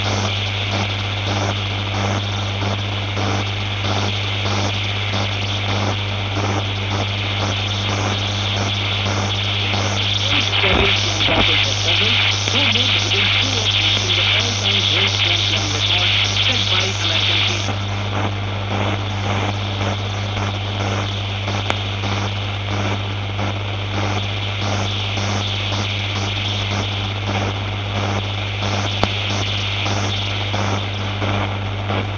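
An old radio gives off a steady wash of static over a constant low hum. Between about 10 and 17 seconds the hiss grows brighter and more agitated, with a faint warbling underneath, then settles back. A few small clicks come later.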